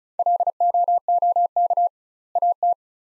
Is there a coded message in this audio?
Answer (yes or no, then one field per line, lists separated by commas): yes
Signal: Morse code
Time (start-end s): 0.2-2.7 s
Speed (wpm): 36 wpm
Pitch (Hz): 700 Hz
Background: none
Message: LOOK AT